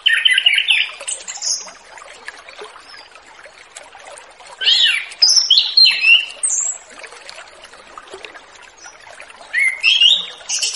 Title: Anis Kembang Ngeplong Santai , Untuk Pancingan Anis Kembang Lepas